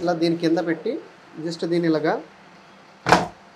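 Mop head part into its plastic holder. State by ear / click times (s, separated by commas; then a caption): seated / 3.1 s. A mop head part is placed under its plastic holder and pressed down. Someone talks until about 2.2 s, then a single sharp click sounds at 3.1 s as the part snaps and locks into place, springing back once seated.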